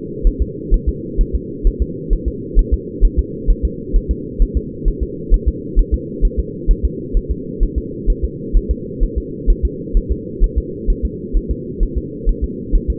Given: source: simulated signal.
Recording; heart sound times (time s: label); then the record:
fetal heart sounds
0.27 s: S1
0.42 s: S2
0.74 s: S1
0.89 s: S2
1.21 s: S1
1.35 s: S2
1.67 s: S1
1.82 s: S2
2.13 s: S1
2.28 s: S2
2.59 s: S1
2.74 s: S2
3.05 s: S1
3.19 s: S2
3.50 s: S1
3.65 s: S2
3.96 s: S1
4.11 s: S2
4.42 s: S1
4.57 s: S2
4.88 s: S1
5.03 s: S2
5.34 s: S1
5.48 s: S2
5.79 s: S1
5.94 s: S2
6.25 s: S1
6.39 s: S2
6.71 s: S1
6.85 s: S2
7.17 s: S1
7.31 s: S2
7.63 s: S1
7.78 s: S2
8.10 s: S1
8.24 s: S2
8.57 s: S1
8.71 s: S2
9.03 s: S1
9.18 s: S2
9.50 s: S1
9.65 s: S2
9.97 s: S1
10.12 s: S2
10.44 s: S1
10.58 s: S2
10.90 s: S1
11.05 s: S2
11.37 s: S1
11.51 s: S2
11.83 s: S1
11.98 s: S2
12.29 s: S1
12.44 s: S2
12.75 s: S1
12.90 s: S2
From the record:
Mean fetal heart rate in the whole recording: 130 bpm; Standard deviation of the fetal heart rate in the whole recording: 2 bpm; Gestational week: 38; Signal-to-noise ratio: -4.1 dB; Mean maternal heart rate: no maternal heart sound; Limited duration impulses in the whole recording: absent